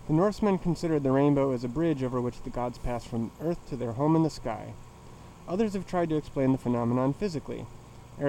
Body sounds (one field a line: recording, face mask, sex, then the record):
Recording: reading aloud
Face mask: surgical mask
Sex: male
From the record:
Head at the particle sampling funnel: tilted down, bridge of the nose in front of it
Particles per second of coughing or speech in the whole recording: 1.81